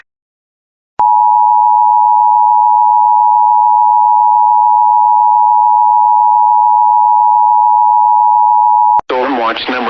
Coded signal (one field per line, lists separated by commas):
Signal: Emergency Alert System (SAME) tones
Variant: 853 and 960 Hz attention tone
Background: speech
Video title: No way SVA 259 (EAS 31)